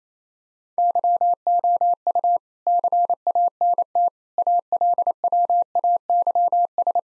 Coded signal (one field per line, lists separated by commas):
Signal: Morse code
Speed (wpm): 28 wpm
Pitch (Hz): 700 Hz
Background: none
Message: YOU CANT ALWAYS